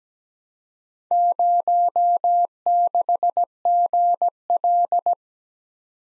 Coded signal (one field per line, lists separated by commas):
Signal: Morse code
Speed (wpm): 17 wpm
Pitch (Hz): 700 Hz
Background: none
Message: 06GL